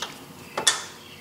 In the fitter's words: you feel it go in and you'll feel it click